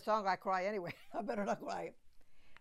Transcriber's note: she laughs; she sings in Italian